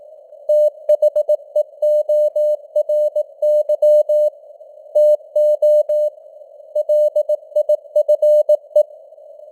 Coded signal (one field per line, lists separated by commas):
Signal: Morse code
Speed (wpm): 18 wpm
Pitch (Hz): 600 Hz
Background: none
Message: THEORY TO LIFE